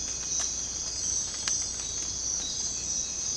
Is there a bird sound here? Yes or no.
no